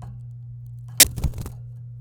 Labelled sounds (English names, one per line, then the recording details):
Domestic Canary song
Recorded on 27 April 2018 at 06:16
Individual llb3